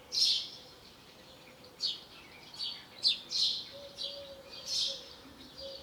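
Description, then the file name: House sparrow chirps, scattered sharp notes, one loud at the start then several irregular ones later, over low steady background noise. "Passer domesticus"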